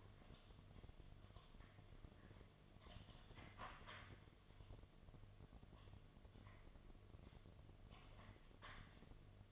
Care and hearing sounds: daily activity, microphone in the room; typing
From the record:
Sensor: 4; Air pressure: 1005.2 hPa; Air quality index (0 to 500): 182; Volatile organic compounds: 5 ppm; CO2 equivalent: 1791 ppm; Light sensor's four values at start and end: 6/12/4/4 and 6/12/4/4

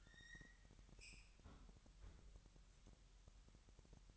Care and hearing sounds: daily activity, microphone in the room; close fridge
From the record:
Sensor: 3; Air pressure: 1001.9 hPa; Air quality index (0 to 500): 247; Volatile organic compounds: 52 ppm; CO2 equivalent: 3318 ppm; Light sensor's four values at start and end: 12/36/16/13 and 12/36/15/13

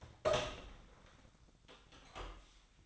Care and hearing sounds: daily activity, microphone in the room; open door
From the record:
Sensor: 3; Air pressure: 1009.2 hPa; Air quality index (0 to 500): 203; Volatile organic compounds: 4 ppm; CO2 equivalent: 1633 ppm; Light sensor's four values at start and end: 42/111/48/48 and 43/112/48/48

